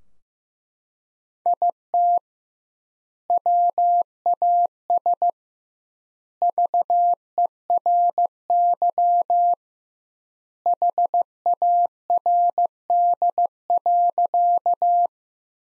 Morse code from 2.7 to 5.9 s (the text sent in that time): WAS